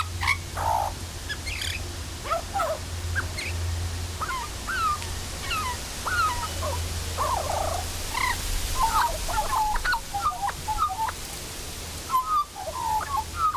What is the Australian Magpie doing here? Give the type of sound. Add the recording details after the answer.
song. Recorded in captivity. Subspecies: hypoleuca. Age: adult. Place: Zoo Berlin, Berlin, DE. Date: 1998-10-17 12:40. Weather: fair, 14°C, gusty winds. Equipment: Sony MD-WM MZ-R3, Sennheiser MKH 416 T, Kopie Uher 4000 Report Monitor. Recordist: Tembrock, Günter. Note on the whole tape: Weißrückenflötenvogel (G.t.hypoleuca): Gesang